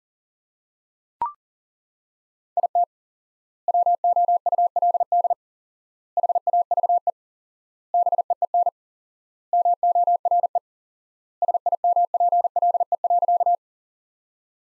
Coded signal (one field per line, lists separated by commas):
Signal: Morse code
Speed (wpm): 40 wpm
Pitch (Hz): 700 Hz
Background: none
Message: IT WOULD HAVE BEEN MORE SIMPLE.